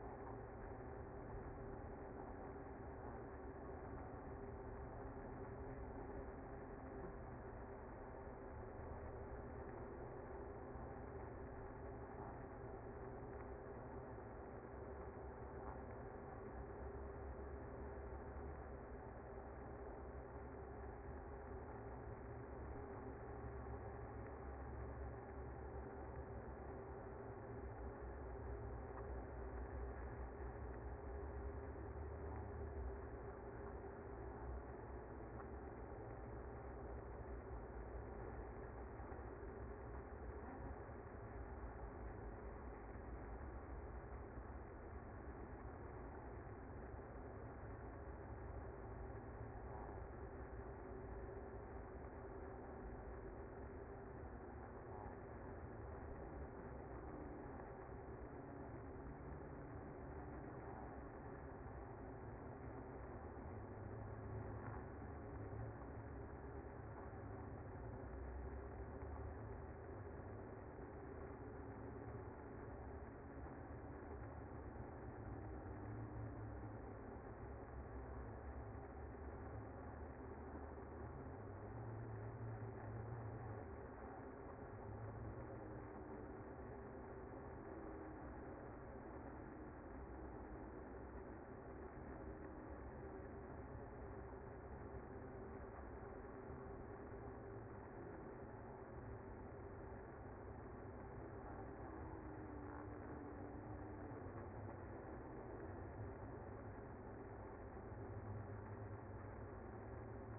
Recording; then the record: honeybee colony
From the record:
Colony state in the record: active